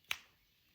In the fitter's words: See how it's like a positive click